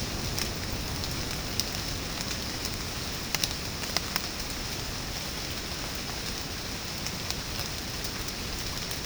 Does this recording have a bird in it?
no